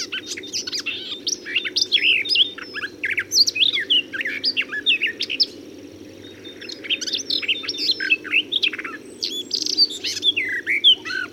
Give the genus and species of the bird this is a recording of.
Sylvia borin